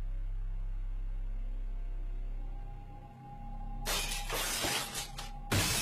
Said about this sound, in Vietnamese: Cái ấm vỡ tan tành, mảnh sành văng tung tóe.